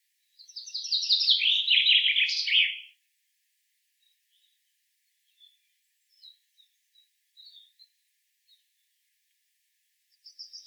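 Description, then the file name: Common chaffinch song: a bright trill descending in steps and ending in a sharp flourish, followed by scattered faint high notes and the start of another phrase. "Fringilla coelebs"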